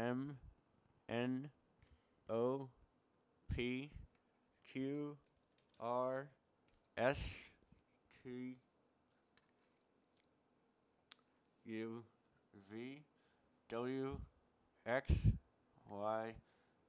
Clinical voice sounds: letters of the alphabet, spoken; constrained by a bite bar between the teeth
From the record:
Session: first day, right after the free take

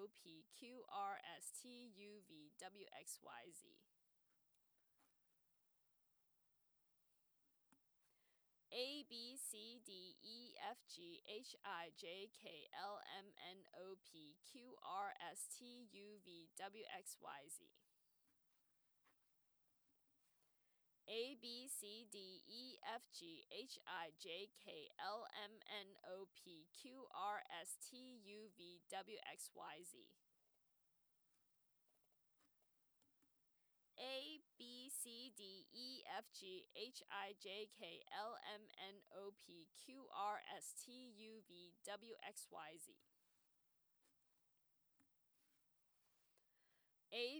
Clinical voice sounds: letters of the alphabet, spoken; free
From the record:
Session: first day, before the bite bar

